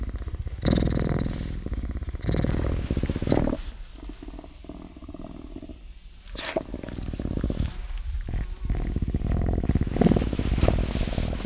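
Cougar cub purring in uneven low rumbling stretches, quieter in the middle.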